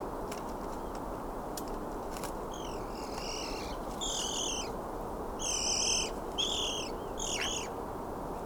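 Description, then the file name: Eurasian magpie calls: a series of short, harmonic, slightly squealing notes repeated in quick bursts, over steady low rumbling background noise. "Pica pica"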